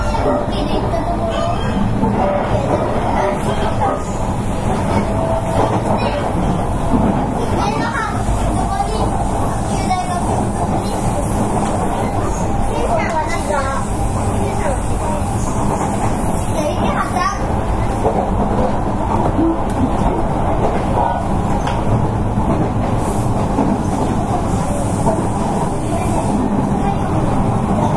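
A 305 series electric train runs with a steady, dense low rumble, with brief squeaks flickering through around seven, thirteen and seventeen seconds.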